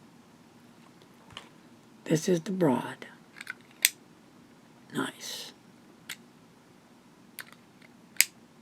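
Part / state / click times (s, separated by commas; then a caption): fountain pen cap onto pen barrel / seated / 8.2 s. Someone talks, then after a few light ticks and handling sounds, a cap is pushed back onto the barrel of a Visconti Mirage fountain pen with a broad nib. A sharp, loud click at 8.2 s shows the cap is seated and locks in place.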